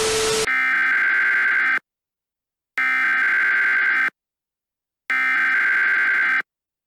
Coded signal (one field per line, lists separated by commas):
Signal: Emergency Alert System (SAME) tones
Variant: header bursts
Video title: EAS Scenario: Paranormalia [FULL MOVIE]